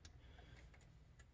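After the load lever on the LGA 1200 socket of a ROG Strix B460-I Gaming board is closed under its fastener, with a 10th-gen Celeron G5900 CPU installed, the plastic protective cover on the socket load plate pops off. A faint click is heard at 0.1 s, followed by a softer tick at 1.2 s over a low steady hum. The cover comes free as confirmed.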